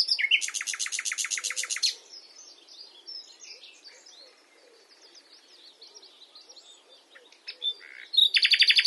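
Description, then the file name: Common nightingale delivering a loud rapid trill of repeated notes, followed by quiet scattered twitters and squeaks, ending with another fast, strong pulsing trill. "Luscinia megarhynchos"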